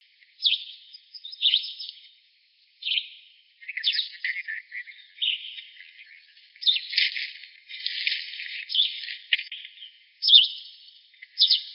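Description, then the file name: Gray vireo harsh scolding calls, rasping chattered bursts in irregular runs with short gaps. Recorded in Arizona on 29 June 2007. "VGVI Pollock"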